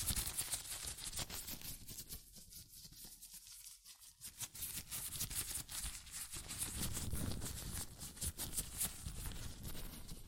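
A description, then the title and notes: Latex gloves rub and snap against hands in a dense run of crackling, squeaking rustles with many quick vertical clicks. A quieter stretch around two to four seconds thins out, then the handling grows fuller and louder through the end. ASMR Latex Gloves Hand Sounds (No Talking).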